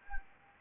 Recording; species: mosquito wingbeat signal from an infrared sensor; Anopheles gambiae